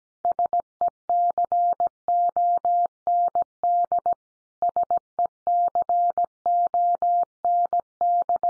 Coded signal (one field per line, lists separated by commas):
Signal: Morse code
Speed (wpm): 17 wpm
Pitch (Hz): 700 Hz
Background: none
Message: SECOND SECOND